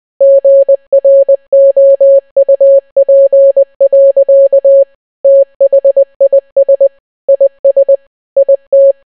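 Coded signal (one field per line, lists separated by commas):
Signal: Morse code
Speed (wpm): 20 wpm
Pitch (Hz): 550 Hz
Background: none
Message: GROUP. THIS IS IT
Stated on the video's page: Entire Bee Movie script translated into Morse code.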